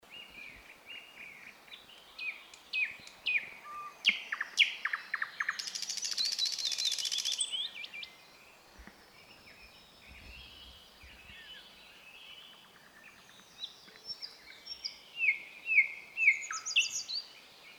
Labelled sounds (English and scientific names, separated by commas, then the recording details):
Thrush Nightingale (Luscinia luscinia) song
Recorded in the wild
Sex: male
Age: adult
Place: Wizna, Lomzynski Park Krajobrazowy Doliny Narwi, Podlaskie Voivodeship, PL
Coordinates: 53.1863, 22.4198
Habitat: deciduous forest edge
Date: 2016-05-26 09:50
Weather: heavy cloud, light breeze
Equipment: Marantz PMD660 recorder, Sennheiser ME67 directional microphone
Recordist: Souriau, Abel